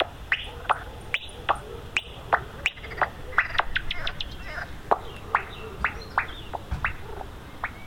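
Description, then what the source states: Common noctule echolocation heard as a bat detector's dry clicks and ticks, irregular and fairly quick, over a steady low hiss. Recorded with a bat detector.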